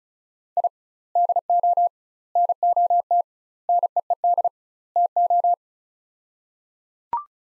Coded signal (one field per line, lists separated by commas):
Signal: Morse code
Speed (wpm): 36 wpm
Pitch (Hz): 700 Hz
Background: none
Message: I DO NOT NEED TO